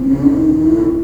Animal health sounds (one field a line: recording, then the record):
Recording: squeal of a Yucatan mini pig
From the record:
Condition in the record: after surgery on the right vocal fold (resection and tissue-engineered implant)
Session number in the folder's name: 4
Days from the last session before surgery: 42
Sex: male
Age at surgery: 12 weeks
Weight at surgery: 13 kg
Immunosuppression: cyclosporine, prednisolone